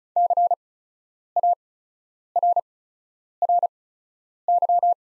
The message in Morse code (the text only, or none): CARRY